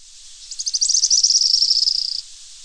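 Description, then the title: Araucaria tit-spinetail delivering one high, thin, rapid trill that starts with spaced notes, speeds up and drifts lower before ending abruptly. "LuckyPassaro Completos2Sama. Araucaria Tit-Spinetail (Leptasthenura setaria)"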